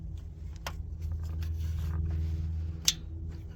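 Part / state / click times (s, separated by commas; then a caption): lower plastic connector or clip near VVT spool valve / seated / 2.9 s. A lower plastic connector or clip near the VVT spool valve on a 2010 Honda Pilot is pushed home, with a steady low hum and faint handling rustles and taps underneath. A sharp, bright snap at 2.9 s marks the connector seating into place.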